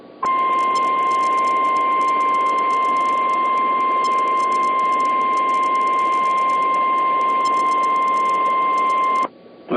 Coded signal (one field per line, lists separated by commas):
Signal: Emergency Alert System (SAME) tones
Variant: 1050 Hz attention tone